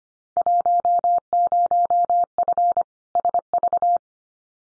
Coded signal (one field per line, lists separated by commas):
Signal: Morse code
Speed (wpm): 25 wpm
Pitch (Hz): 700 Hz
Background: none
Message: 10F SV